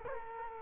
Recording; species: mosquito wingbeat signal from an infrared sensor; Culex quinquefasciatus